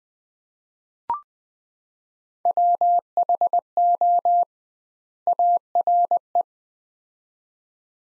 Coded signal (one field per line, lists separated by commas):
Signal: Morse code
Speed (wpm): 20 wpm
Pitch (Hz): 700 Hz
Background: none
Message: WHO ARE